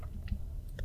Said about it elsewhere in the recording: That was just the sound of my stomach growling.